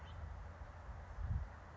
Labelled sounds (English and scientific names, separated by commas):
House Finch (Haemorhous mexicanus)